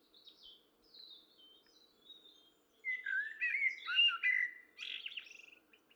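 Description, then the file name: Common blackbird: faint, thin high notes at first, then a loud, mellow warbling phrase ending in a burst of buzzy, squeaky twittering. "Turdus merula"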